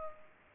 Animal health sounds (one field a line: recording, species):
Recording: mosquito wingbeat signal from an infrared sensor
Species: Culex pipiens